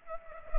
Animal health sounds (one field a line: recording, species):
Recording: mosquito wingbeat signal from an infrared sensor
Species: Culex pipiens